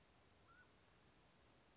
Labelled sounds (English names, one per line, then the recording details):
Mountain Quail
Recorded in Sonoma County, California